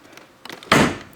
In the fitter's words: all the way until you hear it click